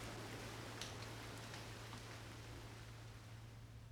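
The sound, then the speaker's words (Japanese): Gentle rain hisses steadily and softly over a low constant hum, with a few brief papery rustles early on as the pages of a report are turned while someone reads, and no voices. “しめやかな雨音に紙をめくる音が重なる。”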